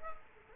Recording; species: mosquito wingbeat signal from an infrared sensor; Culex quinquefasciatus